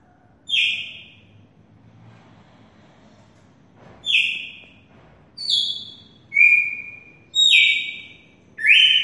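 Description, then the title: Red-cowled cardinal song: one strong whistle, a pause of several seconds, then five more ringing whistled notes about a second apart. Female singing the song type called "Mossoró", in the style called "açoite". "Canto Galo Campina Fêmea. Galo de campina MOSSORÓ só no açoite"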